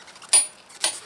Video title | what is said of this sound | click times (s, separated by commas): All-Season / M&S / All-Weather change over to Winter Tires | do one that way you can hear what i mean by the clicking of the torque wrench there | 0.3 s, 0.8 s